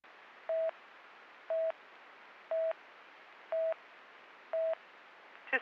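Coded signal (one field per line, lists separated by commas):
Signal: none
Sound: police radio channel beeps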